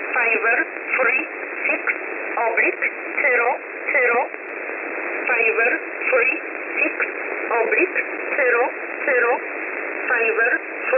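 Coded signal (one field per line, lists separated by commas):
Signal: numbers station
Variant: E11 Oblique, English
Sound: a voice reads short words at a steady pace over radio hiss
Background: radio static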